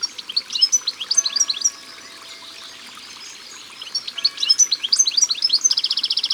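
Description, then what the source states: European goldfinch song of bright twittering notes, a lull, then more chirps ending in a fast dry buzzy trill. Recorded by the water.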